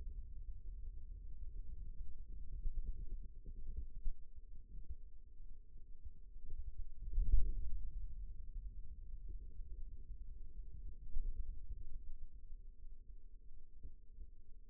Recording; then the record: forearm muscle sounds (acoustic myography)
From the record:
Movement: radial deviation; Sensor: system 2, bracelet of six BSWA MPA416 microphones around the upper forearm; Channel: 3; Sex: male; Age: 22 years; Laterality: right